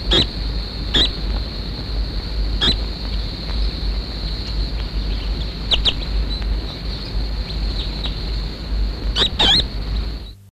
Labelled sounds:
Bronze Sunbird call

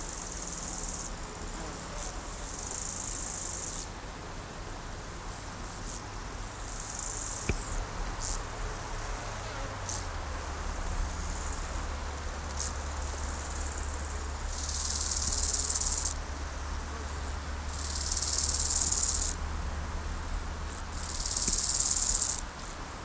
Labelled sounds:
Bow-winged Grasshopper stridulation

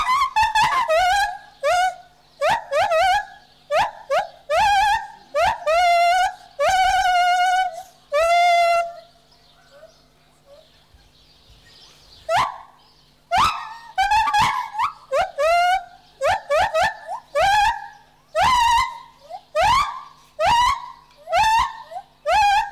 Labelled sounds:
Lar Gibbon

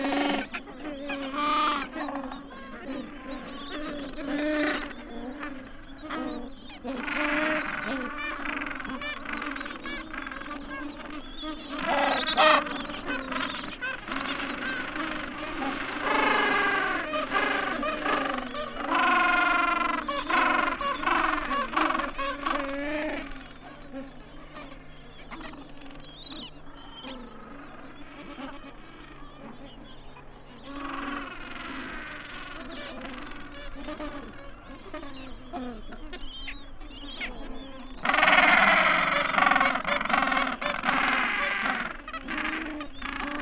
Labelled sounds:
Gentoo Penguin call

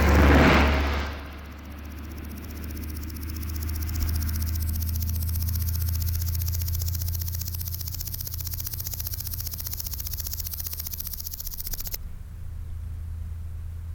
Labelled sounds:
Steppe Grasshopper stridulation

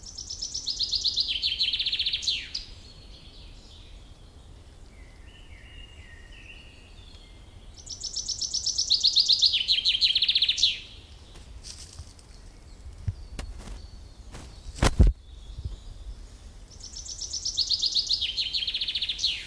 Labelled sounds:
Common Chaffinch song

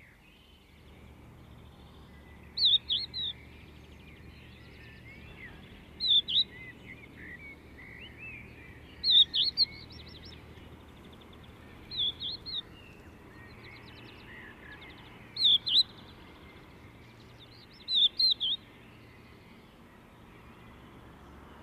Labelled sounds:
Crested Lark song

